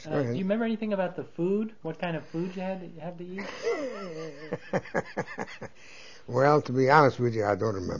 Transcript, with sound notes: Do you remember anything about the food, what kind of food you had to eat?
(He laughs.) Well, to be honest with you, I don't remember.